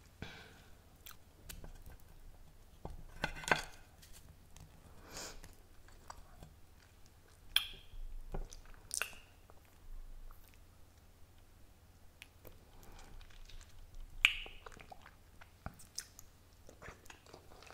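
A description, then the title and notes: Someone eats sushi with irregular wet chewing and biting clicks, sharper bites near 3.5, 7.5, 9 and 14 seconds, over a low steady hum. ASMR SUSHI EATING SOUNDS.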